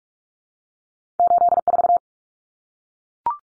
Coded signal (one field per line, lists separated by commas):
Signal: Morse code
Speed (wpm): 44 wpm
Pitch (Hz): 700 Hz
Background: none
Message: 84